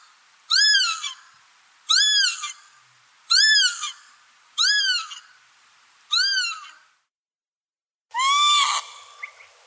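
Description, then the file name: Northern lapwing calling repeatedly, five arched, mewing notes about every one and a half seconds, then a pause and another call. "chibis-obyknovennyy-golos onbird ru"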